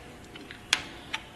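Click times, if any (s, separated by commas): 0.7 s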